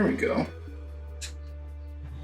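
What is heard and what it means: During reassembly of a Nintendo Switch handheld game console after a headphone jack replacement, the headphone jack board or flex connector is handled as it is worked toward its place. Someone talks over steady background music, and a faint short handling noise is heard around 1.2 s. Nothing has clicked or seated yet.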